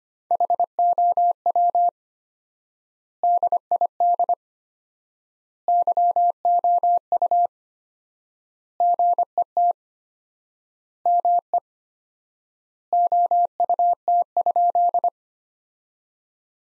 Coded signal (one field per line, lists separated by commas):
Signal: Morse code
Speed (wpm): 25 wpm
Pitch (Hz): 700 Hz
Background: none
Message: HOW DID YOU GET ME OUT?